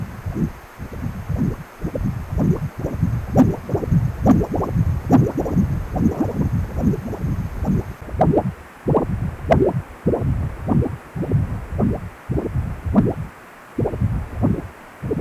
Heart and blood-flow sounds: Doppler ultrasound of blood flow; precordium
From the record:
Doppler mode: continuous wave and pulsed wave in the uncut recording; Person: healthy adult, 18 to 50 years, no heart murmur, not diving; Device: 2.5 MHz transducer

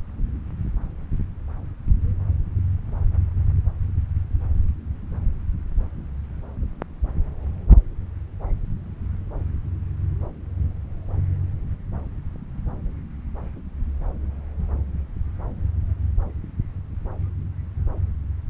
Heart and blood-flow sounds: Doppler ultrasound of blood flow; left subclavian vein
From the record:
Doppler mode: continuous wave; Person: adult scuba diver, at rest before a dive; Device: O'Dive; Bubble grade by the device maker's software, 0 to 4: 0

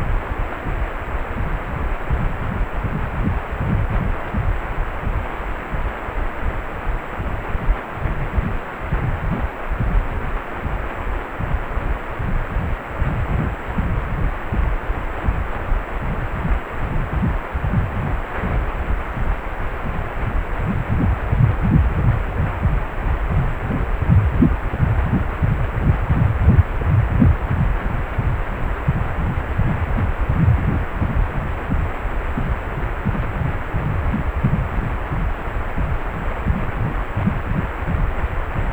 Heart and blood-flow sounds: Doppler ultrasound of blood flow; precordium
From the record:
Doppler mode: pulsed wave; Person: healthy adult, 18 to 50 years, no heart murmur, not diving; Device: 2.5 MHz transducer

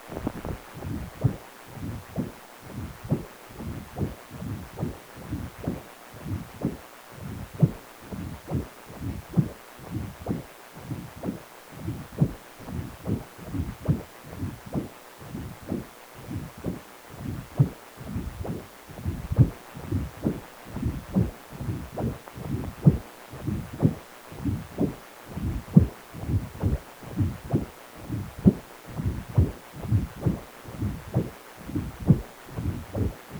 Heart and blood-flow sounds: Doppler ultrasound of blood flow; precordium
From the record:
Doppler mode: continuous wave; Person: healthy adult, 18 to 50 years, no heart murmur, not diving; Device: 2.5 MHz transducer

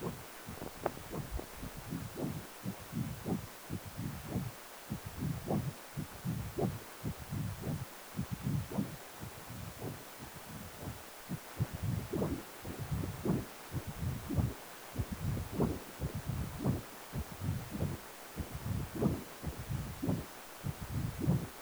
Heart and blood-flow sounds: Doppler ultrasound of blood flow; precordium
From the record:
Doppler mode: continuous wave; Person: healthy adult, 18 to 50 years, no heart murmur, not diving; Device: 2.5 MHz transducer

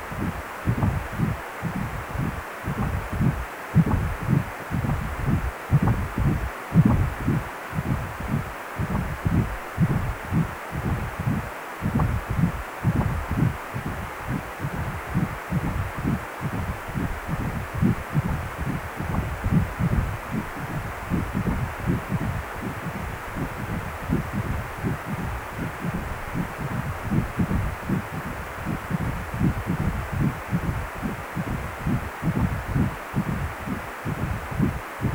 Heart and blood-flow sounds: Doppler ultrasound of blood flow; precordium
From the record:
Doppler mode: continuous wave and pulsed wave in the uncut recording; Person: healthy adult, 18 to 50 years, no heart murmur, not diving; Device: 2.5 MHz transducer

